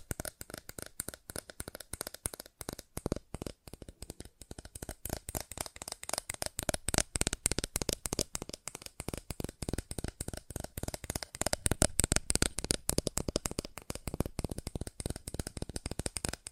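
Fast tapping runs without a break for the whole clip, a dense stream of sharp clicks often several per second, with tiny uneven pauses between bursts. The taps sound crisp and bright with a dry papery edge, a bit like shuffled cards, and grow somewhat louder after the midpoint.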